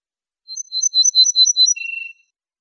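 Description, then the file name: Ortolan bunting song: several bright, evenly spaced notes followed by a lower, drawn-out closing note. "suara kicauan ortolan"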